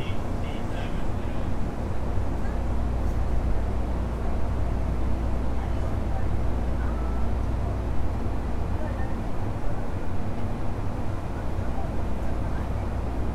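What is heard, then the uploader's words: Running noise from an Osaka Metro 10 series chopper train: a heavy, steady low rumble that holds an even level throughout, with a faint hum running beneath it. Brief thin whines rise above the roar now and then, mostly around the middle. 大阪市地下鉄 10系チョッパ車 中津から天王寺まで. It is running sound of the Osaka Metro 10 series train (chopper car). I recorded on the Midosuji line.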